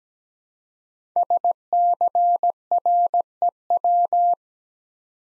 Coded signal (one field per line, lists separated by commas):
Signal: Morse code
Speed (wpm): 17 wpm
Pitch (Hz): 700 Hz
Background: none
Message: SCREW